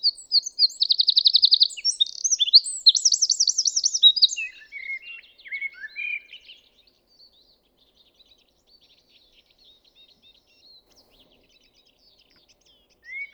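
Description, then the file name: Eurasian wren song bursting out with two fast high trills, trailing off into lower scattered twitters, then a long quiet stretch with faint chips. "Troglodytes troglodytes"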